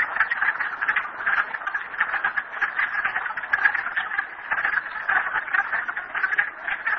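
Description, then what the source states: Frog chorus, many overlapping rattling trills forming an unbroken pulsing drone. Recorded at Merryspring.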